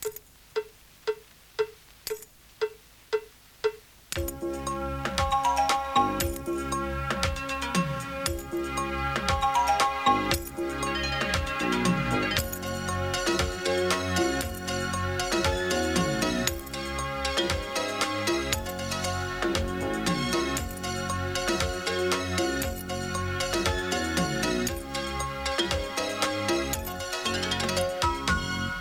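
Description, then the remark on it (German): A keyring, held by its ring, is struck with a pencil in a steady, even pattern of bright metallic clinks, accenting beat one of each bar, about eight taps alone, before a full band of music comes in and carries on loudly over the beat. “Wer hätte gedacht, dass ein Schlüsselbund auch Musikinstrument sein kann?”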